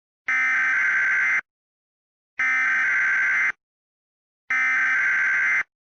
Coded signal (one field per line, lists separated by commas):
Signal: Emergency Alert System (SAME) tones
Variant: header bursts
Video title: EAS RWT (VOLUME WARNING)